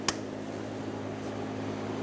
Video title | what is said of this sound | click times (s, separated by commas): How to replace Fuel Pump Module Assembly 2012-2020 Chevrolet Sonic | Push until you hear a click. | 0.1 s